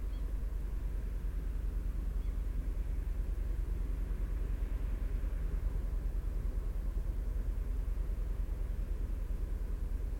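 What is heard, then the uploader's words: A large ship passes slowly through a busy fjord, its engine a steady, dense low rumble that holds even throughout with little change. Passing Ship. Recorded in a busy fjord with lots of traffic. What you hear is a large ship, passing slowly.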